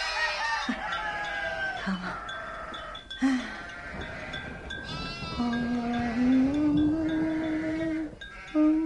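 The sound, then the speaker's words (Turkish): Several sheep bleat over one another in a steady, wavering chorus as they are herded into a pen, with some calls high and quavering and one long, lower bleat that slowly rises in pitch toward the end. “Hadi, hadi kana koyun. Hadi sen de gir. Gir.”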